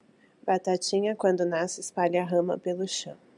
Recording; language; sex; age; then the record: short text; Brazilian Portuguese; female; 30 to 39 years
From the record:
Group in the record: control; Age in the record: 31 years